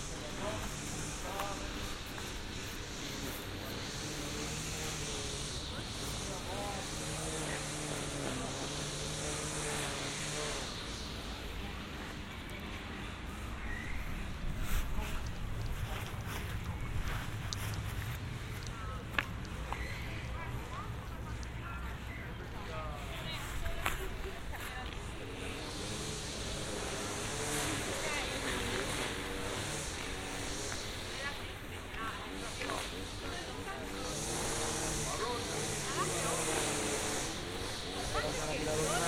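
A binaural field recording in Amsterdam: steady chatter of voices over a low engine rumble, likely a boat, with brief clicks and wind.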